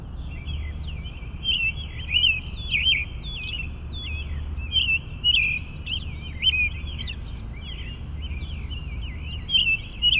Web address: boom library Urban and Suburban. Suburban park morning bird chorus